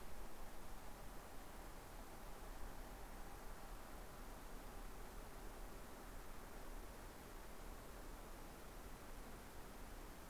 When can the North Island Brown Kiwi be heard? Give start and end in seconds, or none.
none